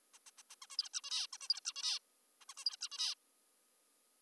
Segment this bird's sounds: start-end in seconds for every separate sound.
0.14-0.18, 0.26-0.31, 0.38-0.42, 0.50-0.55, 0.62-0.66, 0.70-0.77, 0.78-0.89, 0.94-1.01, 1.04-1.27, 1.33-1.38, 1.41-1.48, 1.50-1.60, 1.65-1.73, 1.76-1.99, 2.41-2.45, 2.50-2.54, 2.57-2.64, 2.66-2.76, 2.81-2.88, 2.92-3.14